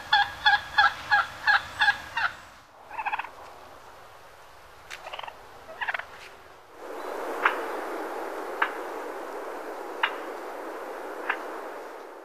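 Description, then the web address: Wild turkey calls: a series of evenly spaced notes at the start, then a few short bursts, then several sharp clicks over a noisy background. "Songs of Birds of North America Stokes. Wild Turkey"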